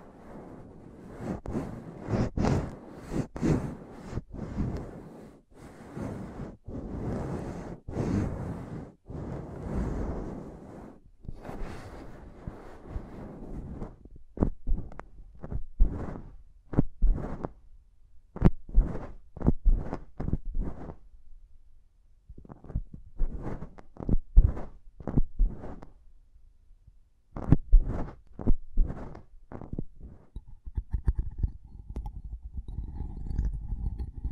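Intense mic tapping and scratching, with dense, rough scratching bursts filling the first eleven seconds. After that the sound breaks into sharp, separate taps and short scrapes at an irregular, fairly quick pace. A faint low rumble and a thin steady tone show up near the end.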